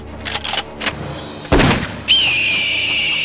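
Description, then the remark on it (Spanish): A few soft knocks, then a single loud gunshot bang with a booming low end as a man fires at what he says was a bird, followed by a steady high-pitched ringing tone that holds to the end. “¡Me disparé!”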